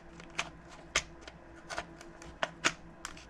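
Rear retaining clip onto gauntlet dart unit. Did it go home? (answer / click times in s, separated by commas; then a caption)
no / none. A plastic rear retaining clip/mount is handled and slid along a gauntlet dart unit from a Whistling Birds full kit for a Mandalorian gauntlet. Short, sharp plastic ticks and scrapes sound at about 0.4, 1.0, 2.4 and 2.7 seconds over a quiet steady hum. Nothing has clicked or seated into place yet.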